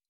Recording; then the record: hydrophone in a shrimp aquaculture tank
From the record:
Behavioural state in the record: stressed